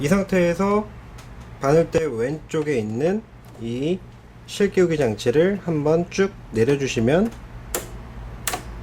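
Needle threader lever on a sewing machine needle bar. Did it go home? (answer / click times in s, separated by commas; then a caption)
yes / 7.8 s, 8.5 s. Someone talks while the built-in needle threader lever to the left of the needle bar on a Sewing Story AURORA MS-700 sewing machine is pulled all the way down. Two sharp clicks ring out at 7.8 s and 8.5 s as the lever locks in place.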